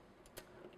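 The release button on the foot pedal cable connector of a MedVision LapVision laparoscopy surgical simulator is pressed, and the connector is pulled gently out of its socket. A small click from the button release sounds at 0.4 s, with fainter ticks around 0.3 s and 0.8 s. The connector is released.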